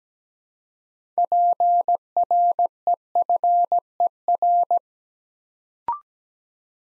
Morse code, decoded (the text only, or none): PREFER